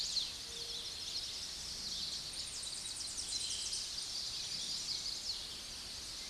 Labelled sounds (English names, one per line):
Chestnut-sided Warbler song